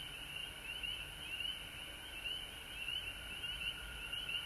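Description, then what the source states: Frogs calling, bright quick trills repeating over a softer steady drone. Several frogs recorded at home in Georgia on March 19, 2020.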